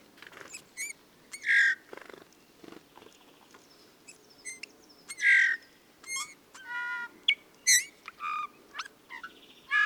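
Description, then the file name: Bullfinch song: a loose series of nasal, creaky harmonic notes, short thin whistles and some buzzy bursts, with uneven gaps between phrases. "suara bullfinch omkicau"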